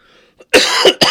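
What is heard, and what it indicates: Adult male speaker coughing, with a short burst of coughs; the cough is due to a recent cold.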